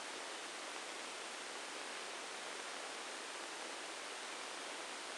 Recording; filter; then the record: brain microelectrode recording played as sound; spike band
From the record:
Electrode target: subthalamic nucleus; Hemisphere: right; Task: reaching with the left hand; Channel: 1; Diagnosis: Parkinson's disease